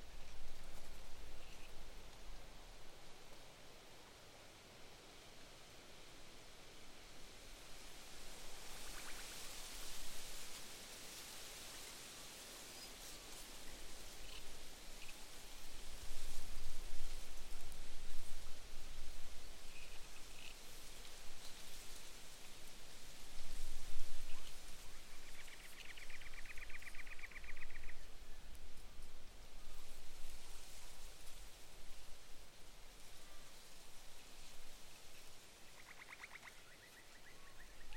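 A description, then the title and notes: Wind rustles eucalyptus leaves in rising and falling gusts, with a few sparse bird calls, including a brief steady note near twenty-five seconds. (Autumn) Quiet Morning In The Mallee Woodland. A subtle, cool morning in a small pocket of Mallee woodland surrounded by saltbush desert near Lake Mungo. Wind flows through the Eucalyptus leaves and wood, Ravens, Magpies and Pied Butcherbirds sparsely sing in the background. Mungo National Park, NSW, Australia.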